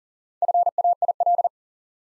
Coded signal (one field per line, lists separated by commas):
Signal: Morse code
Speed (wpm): 39 wpm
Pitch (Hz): 700 Hz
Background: none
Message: FAIL